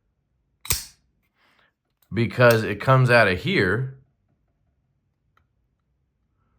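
A Kizer Hawk folding knife with the Snapecho system has its blade swung open, and the blade locks into the handle lock with a sharp double click at about 0.7 s, the two snaps only a few hundredths of a second apart. The lock is seated, and then someone talks.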